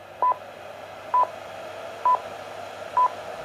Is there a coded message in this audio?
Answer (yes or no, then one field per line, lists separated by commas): no